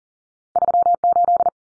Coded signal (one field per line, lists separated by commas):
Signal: Morse code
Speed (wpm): 40 wpm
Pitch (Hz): 700 Hz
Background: none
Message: 38